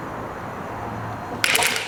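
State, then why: Released. A two-wrench puller is tightened against a Vespa 150 3V scooter engine (Primavera/Sprint) to break a steel part free from the tapered crankshaft end, with only a low steady noise as the pressure builds. At 1.4 s a sharp, bright crack rings out as the tapered fit pops loose, followed by a brief rattling tail and one more small knock near the end. The part is released from the taper.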